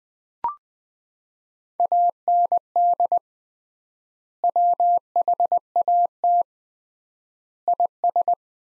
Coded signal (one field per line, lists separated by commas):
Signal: Morse code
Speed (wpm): 20 wpm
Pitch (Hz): 700 Hz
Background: none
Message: AND WHAT IS